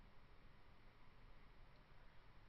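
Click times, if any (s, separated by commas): none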